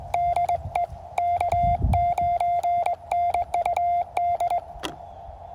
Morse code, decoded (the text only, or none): DE K9NUD